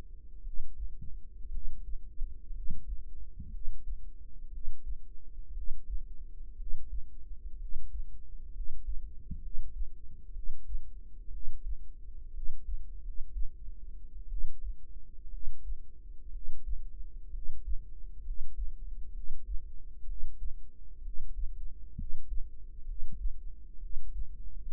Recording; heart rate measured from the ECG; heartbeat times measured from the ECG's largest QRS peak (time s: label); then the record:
heart sounds by microphone in the right ear; 62 bpm
0.41 s: heartbeat
1.49 s: heartbeat
2.50 s: heartbeat
3.48 s: heartbeat
4.48 s: heartbeat
5.51 s: heartbeat
6.54 s: heartbeat
7.56 s: heartbeat
8.50 s: heartbeat
9.38 s: heartbeat
10.30 s: heartbeat
11.28 s: heartbeat
12.30 s: heartbeat
12.99 s: heartbeat
14.26 s: heartbeat
15.28 s: heartbeat
16.29 s: heartbeat
17.29 s: heartbeat
18.20 s: heartbeat
19.10 s: heartbeat
20.03 s: heartbeat
20.99 s: heartbeat
21.93 s: heartbeat
22.83 s: heartbeat
23.77 s: heartbeat
24.72 s: heartbeat
From the record:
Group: healthy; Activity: rest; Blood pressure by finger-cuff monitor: 104/67 mmHg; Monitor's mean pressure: 78 mmHg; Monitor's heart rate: 61 bpm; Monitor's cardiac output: 5.1 L/min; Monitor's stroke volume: 80 mL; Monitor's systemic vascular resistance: 1120 dyn s/cm5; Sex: female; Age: 22 years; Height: 171 cm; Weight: 65.6 kg